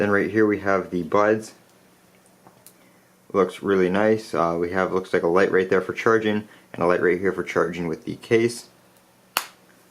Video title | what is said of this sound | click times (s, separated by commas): Samsung Galaxy Buds Unboxing and Setup | has a pretty satisfying click | 9.4 s